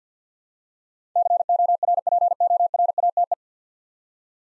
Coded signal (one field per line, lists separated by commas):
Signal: Morse code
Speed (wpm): 50 wpm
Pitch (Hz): 700 Hz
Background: none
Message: CORPORATE